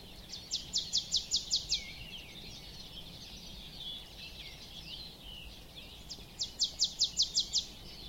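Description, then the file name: Marsh tit giving two bursts of rapid, high, repeated notes, each about seven notes long, separated by several seconds of soft background bird chatter. "Poecile palustris"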